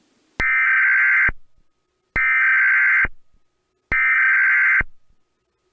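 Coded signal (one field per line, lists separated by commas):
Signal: Emergency Alert System (SAME) tones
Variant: header bursts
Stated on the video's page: Fictional EAS scenario of a nuclear disaster in Illinois caused by a tornado.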